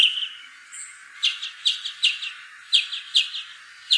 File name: Northern Mockingbird